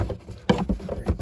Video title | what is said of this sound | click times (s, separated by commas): How to Replace MAP Sensor Chevy Captiva | Hear it clicking like that. | 0.5 s